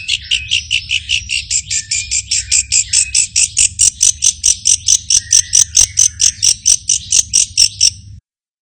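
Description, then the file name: Long-tailed shrike giving steady, grating buzzy notes repeated roughly twice a second, a long even series with a faint lower squeak in the middle. Owned by Om Renaldi, singing in the 'teroris' style. "audio cendet teroris milik om renaldi"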